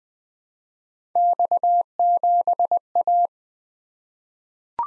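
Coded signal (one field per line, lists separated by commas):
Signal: Morse code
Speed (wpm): 20 wpm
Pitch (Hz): 700 Hz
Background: none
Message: X7A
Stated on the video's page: Morse practice drill at 20 wpm of random three-character letter-number groups for head-copy, each sent, spoken, then sent again.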